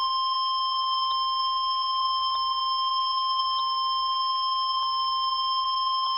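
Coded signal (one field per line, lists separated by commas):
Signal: Emergency Alert System (SAME) tones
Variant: 1050 Hz attention tone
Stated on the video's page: Hurricane watch alert for Hawaii on NOAA Weather Radio.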